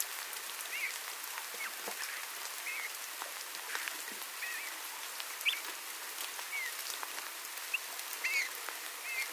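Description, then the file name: Eurasian bullfinch calls: soft, short piping whistles repeated throughout over steady crackling, rain-like noise. "Pyrrhula pyrrhula"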